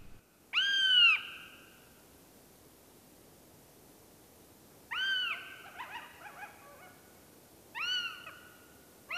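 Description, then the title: Northern Goshawk wailing call: drawn-out, nasal, arching notes, each about half a second long, in three bouts several seconds apart, with a fourth beginning at the very end, over a quiet background. "Kanahaukka"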